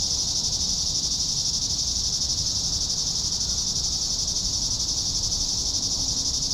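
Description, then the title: Steady shrill cicada chorus, an even high hiss with no breaks, soft low rumble in the background. "neoscenes: cicadas"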